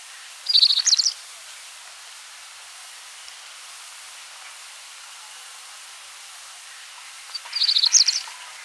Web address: Cinnamon-Breasted Bunting Song